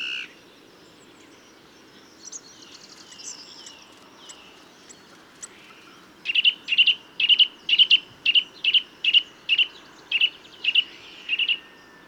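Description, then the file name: Eurasian nuthatch calling in a clear run of sharp, ringing notes in the second half, preceded by fainter high notes. "Sitta europaea"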